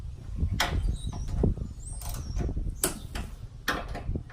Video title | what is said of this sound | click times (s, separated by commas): 2005-2014 Mustang SR Performance Strut Tower Brave Install (with torque values) | heard it click right there this is a clicker wrench | 2.8 s